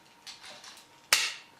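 A plastic front section of a Transformers Prime Beast Hunters Bulkhead action figure is pushed behind the front bumper and grille section during transformation, with faint handling rustles at first. At 1.1 s one sharp, bright snap rings out as the tight-fitting panel seats in place.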